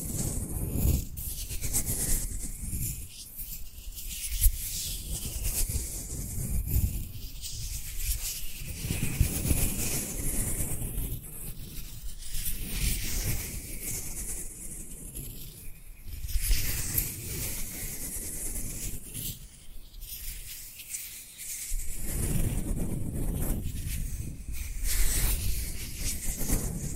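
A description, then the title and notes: Dry hands rub and brush against each other in a steady, continuous pattern of soft friction. The rasping comes in repeated strokes, roughly every few seconds, with brighter scratchy edges and a low rumbling undertone, holding an even level throughout. Dry Dry Hand Sounds. (No Talking).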